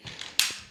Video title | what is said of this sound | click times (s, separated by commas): The quest for the Goldilocks Tripod - is it over? #iFootage, #tripod | you hear that click you hear that click | 0.4 s